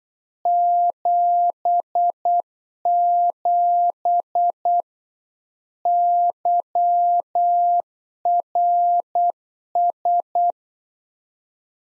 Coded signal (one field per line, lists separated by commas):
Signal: Morse code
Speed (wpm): 8 wpm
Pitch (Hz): 700 Hz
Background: none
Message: 77 YRS